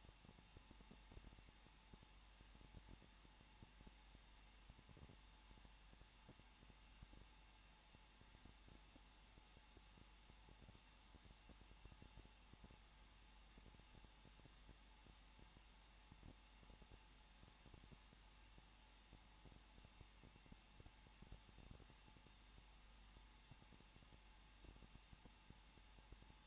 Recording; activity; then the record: daily activity, microphone in the room; no activity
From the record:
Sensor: 1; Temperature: 20.1 degrees Celsius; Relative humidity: 39.4%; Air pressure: 1006.4 hPa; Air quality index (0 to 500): 218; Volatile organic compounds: 80 ppm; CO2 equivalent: 3605 ppm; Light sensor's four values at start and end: 1/2/1/1 and 1/2/1/1